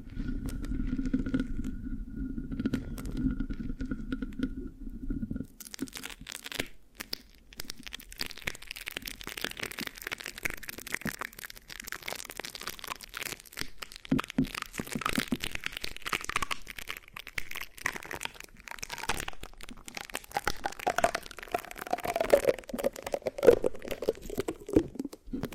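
Mic scratching with sticky, crackling textures: a low muffled rubbing for five seconds, then dense bright scratches and crinkles continue unevenly.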